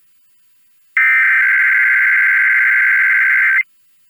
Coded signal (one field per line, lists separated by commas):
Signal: Emergency Alert System (SAME) tones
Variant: header bursts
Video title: Overnight Monthly and Weekly Tests (EAS #462-480) 6/25-26/24